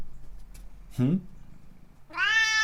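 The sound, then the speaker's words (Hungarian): A cat meows twice: first a short, low, rough call, then after a pause a longer, higher, strongly tonal meow that holds steady and is cut off at the end. “Egyébként tényleg elképesztő ez a macska.”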